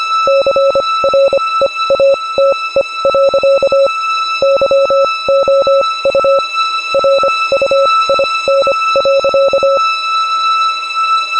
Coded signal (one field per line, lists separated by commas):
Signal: Morse code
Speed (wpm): 25 wpm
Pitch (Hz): 550 Hz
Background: none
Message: CREATE. YOU RUIN.